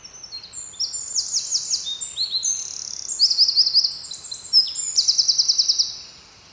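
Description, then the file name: Eurasian wren song: piercing high twitters and rapid rattling trills poured out nonstop for about six seconds, then stopping abruptly. "Troglodytes troglodytes"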